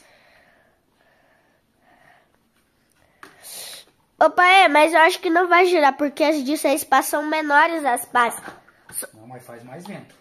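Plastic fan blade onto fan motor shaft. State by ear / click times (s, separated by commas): seated / 3.2 s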